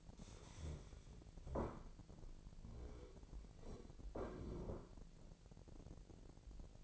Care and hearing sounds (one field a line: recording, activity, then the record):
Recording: daily activity, microphone in the room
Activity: stand up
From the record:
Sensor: 5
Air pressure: 1001.9 hPa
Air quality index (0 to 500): 246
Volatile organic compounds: 30 ppm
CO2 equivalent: 2952 ppm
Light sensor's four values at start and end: 47/111/46/50 and 47/111/46/50